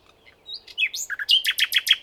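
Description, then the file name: Common nightingale song, brief whistled and slurred notes leading into a fast series of loud, repeated chirping notes. "Luscinia megarhynchos"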